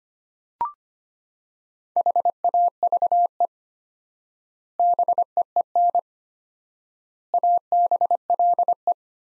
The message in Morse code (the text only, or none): HAVE BEEN ABLE